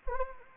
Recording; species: mosquito wingbeat signal from an infrared sensor; Anopheles gambiae